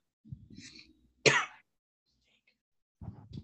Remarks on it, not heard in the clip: I'm over here fucking coughing into my mic.